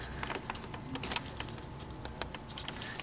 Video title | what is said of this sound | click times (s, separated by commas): BMW N55 Engine RaceChip Installation - 35i - 135i - 335i - 535i | side of the wiring harness to the connector plug you just removed and insert until it clicks and then | 1.0 s